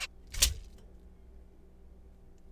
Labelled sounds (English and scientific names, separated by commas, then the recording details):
Zebra Finch (Taeniopygia guttata)
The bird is a juvenile
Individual R3428